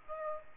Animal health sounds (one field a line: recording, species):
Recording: mosquito wingbeat signal from an infrared sensor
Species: Aedes aegypti